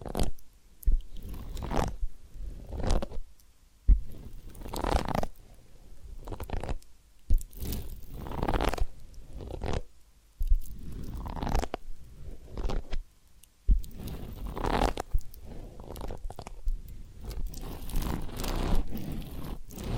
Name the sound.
Massage, Ear Cleaning and Spa